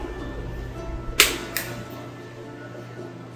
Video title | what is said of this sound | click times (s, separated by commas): Dr Jibo Fixes Another Jibo | You hear it click. | 1.2 s, 1.6 s